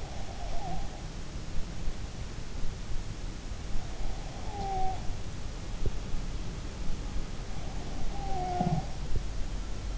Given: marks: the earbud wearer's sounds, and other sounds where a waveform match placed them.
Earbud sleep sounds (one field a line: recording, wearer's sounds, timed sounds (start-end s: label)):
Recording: sounds in sleep by an in-ear microphone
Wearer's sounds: breath, snoring breath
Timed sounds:
0.00-0.89 s: breath
4.31-5.14 s: snoring breath
8.06-8.97 s: snoring breath